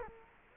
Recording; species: mosquito wingbeat signal from an infrared sensor; Culex quinquefasciatus